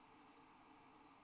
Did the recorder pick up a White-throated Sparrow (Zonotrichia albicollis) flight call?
no